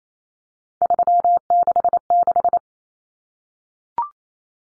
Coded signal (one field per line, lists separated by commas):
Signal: Morse code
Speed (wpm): 28 wpm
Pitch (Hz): 700 Hz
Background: none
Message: 366